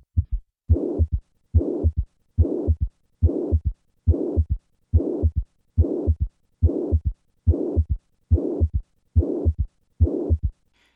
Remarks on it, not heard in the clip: Severe mitral regurgitation with a third heart sound. I will begin with normal sounds and then add the third heart sound and finally the systolic murmur.